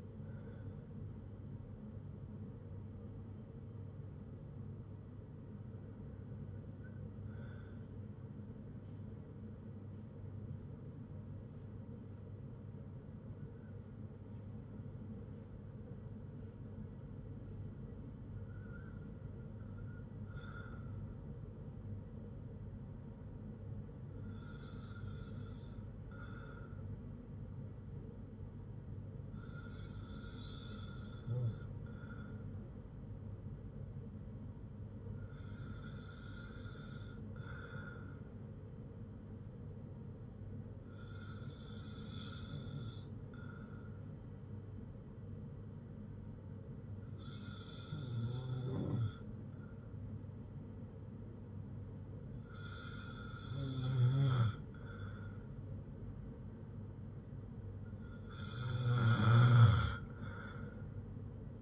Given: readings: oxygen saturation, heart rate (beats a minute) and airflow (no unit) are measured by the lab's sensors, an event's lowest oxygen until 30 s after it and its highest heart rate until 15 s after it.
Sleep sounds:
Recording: breathing in sleep by a smartphone at the bedside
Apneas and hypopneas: 1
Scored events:
14.00-51.80 s: hypopnea (N1, oxygen 97% highest, then 93% lowest, heart rate 60 at the start, 66 highest)
From the record:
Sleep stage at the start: N1 (lightest sleep)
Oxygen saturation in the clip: 89 to 97%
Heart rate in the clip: 54 to 66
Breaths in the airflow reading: 11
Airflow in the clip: -5.7 to 5.3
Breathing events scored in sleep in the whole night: 182 in 7.4 hours asleep

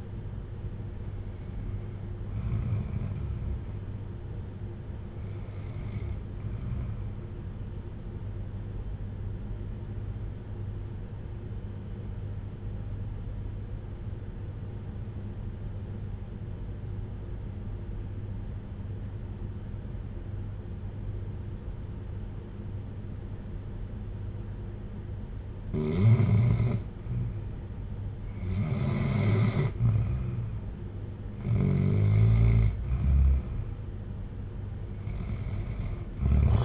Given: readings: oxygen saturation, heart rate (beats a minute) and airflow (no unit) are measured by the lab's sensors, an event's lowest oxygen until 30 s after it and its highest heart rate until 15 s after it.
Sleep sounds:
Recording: breathing in sleep by a smartphone at the bedside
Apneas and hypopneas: 1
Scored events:
10.00-32.50 s: obstructive apnea (REM, oxygen 95% highest, then 87% lowest, heart rate 57 at the start, 64 highest)
From the record:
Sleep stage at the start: REM sleep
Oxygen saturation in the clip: 90 to 95%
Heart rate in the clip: 54 to 64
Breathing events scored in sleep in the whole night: 310 in 8.1 hours asleep

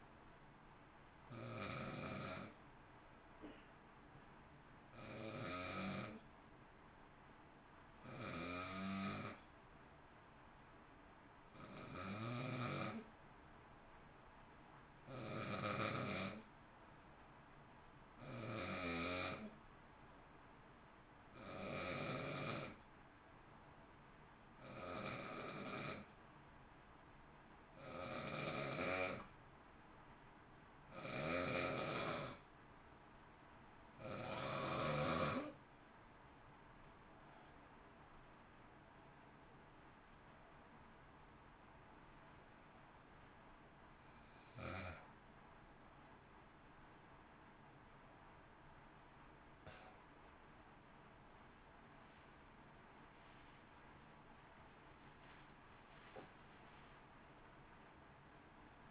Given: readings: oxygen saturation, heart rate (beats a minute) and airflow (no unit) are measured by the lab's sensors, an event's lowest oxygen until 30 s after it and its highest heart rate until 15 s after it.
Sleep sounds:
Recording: breathing in sleep by a voice recorder at the bedside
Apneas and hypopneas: 1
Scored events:
8.00-34.00 s: hypopnea (N2, oxygen 93% highest, then 90% lowest, heart rate 52 at the start, 60 highest)
28.00-58.91 s: new sleep stage, N1 (lightest sleep)
From the record:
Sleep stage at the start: N2 (light sleep)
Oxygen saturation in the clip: 90 to 93%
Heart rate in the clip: 52 to 61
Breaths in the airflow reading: 21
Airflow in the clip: -0.8 to 1.1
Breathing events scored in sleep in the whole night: 328 in 6.3 hours asleep

